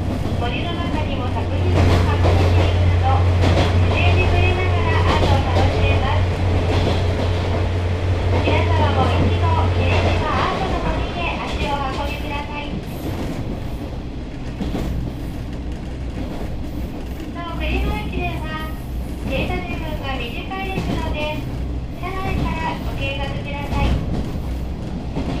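Onboard sound from a train running between Ōsumi-Yokogawa and Kurino: a steady low rumble runs throughout, with a deep droning hum that stops around ten seconds in. People talk on and off over the noise, and brief clicks and knocks recur.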